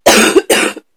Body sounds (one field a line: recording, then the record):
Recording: coughing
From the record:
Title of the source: 60 coughing still (deep and wet cough)